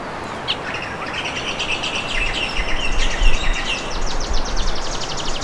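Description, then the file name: Bird calling in a rapid rattling trill of quick repeated notes that runs for several seconds, with a low rumble beneath. "SABIOD 50 bird 2015"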